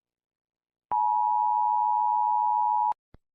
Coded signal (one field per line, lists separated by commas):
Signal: Emergency Alert System (SAME) tones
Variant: 853 and 960 Hz attention tone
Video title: Eas Alarm Part 2